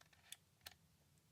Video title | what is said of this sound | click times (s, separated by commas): Alxum Nintendo Switch Dock Multi-Game Card Reader. | okay did you hear that like like it is in the switch nice little click so once that's in that's in there secure | 0.3 s, 0.7 s